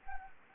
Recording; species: mosquito wingbeat signal from an infrared sensor; Anopheles gambiae